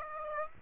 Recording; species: mosquito wingbeat signal from an infrared sensor; Aedes aegypti